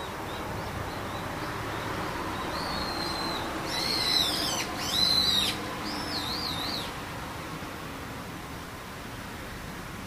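A bird calls several times in the middle of the clip, from about 2.5 to 7 seconds, with high, wavering whistled notes and a couple of louder, harsher bursts around 4 and 5 seconds. Underneath runs a steady low rumble throughout.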